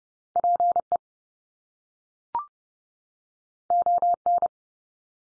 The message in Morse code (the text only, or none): PE ON